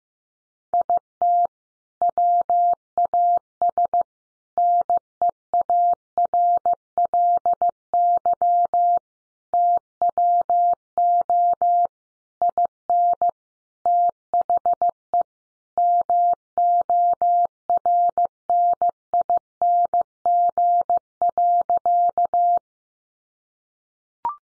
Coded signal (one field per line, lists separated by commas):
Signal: Morse code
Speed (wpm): 15 wpm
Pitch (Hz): 700 Hz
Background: none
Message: IT WAS NEARLY TWO IN THE MORNING.